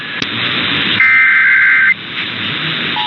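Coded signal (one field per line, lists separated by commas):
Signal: Emergency Alert System (SAME) tones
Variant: header bursts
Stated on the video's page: Los Angeles monthly EAS test captured on 12 AM radio stations.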